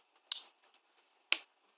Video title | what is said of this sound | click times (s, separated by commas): TFP Ultimate Predaking Upgrade Set. Neck+Head Assembly | all right you should hear satisfying snap or pop okay | 0.3 s